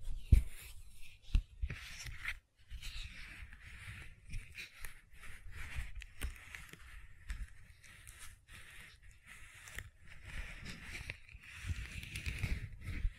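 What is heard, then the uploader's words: Gentle silicone sounds made of soft squishing and rubbing, with low thuds and bursts of faint squeaky friction. Sharp taps land near the start and around one second in, and a brief near-silence comes at about two and a half seconds. ASMR Gentle Silicon Sounds for Sleep (No Talking).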